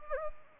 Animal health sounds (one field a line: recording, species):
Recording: mosquito wingbeat signal from an infrared sensor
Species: Anopheles gambiae